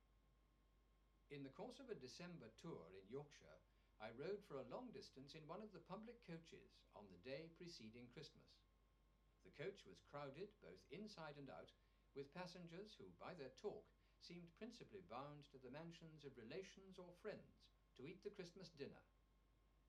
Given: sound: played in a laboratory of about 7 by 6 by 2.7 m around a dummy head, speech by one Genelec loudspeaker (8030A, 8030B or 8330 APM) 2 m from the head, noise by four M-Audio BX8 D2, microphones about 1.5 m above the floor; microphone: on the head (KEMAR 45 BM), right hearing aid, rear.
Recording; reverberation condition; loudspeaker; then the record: male speech in English; low; 120 degrees to the right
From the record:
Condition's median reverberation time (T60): about 310 ms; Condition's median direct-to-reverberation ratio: about 3.5 dB